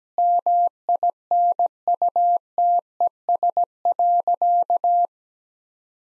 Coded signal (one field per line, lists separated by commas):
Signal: Morse code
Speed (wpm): 17 wpm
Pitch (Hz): 700 Hz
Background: none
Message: MINUTES.